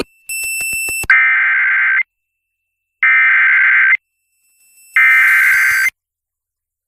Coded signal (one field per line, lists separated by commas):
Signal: Emergency Alert System (SAME) tones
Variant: header bursts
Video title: SEVERE THUNDERSTORM EAS COMPILATION MIRANDO CITY OILTON LAREDO TX JUN 3 2023 (EAS #87-95)